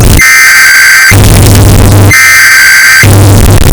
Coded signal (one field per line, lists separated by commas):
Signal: Emergency Alert System (SAME) tones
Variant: header bursts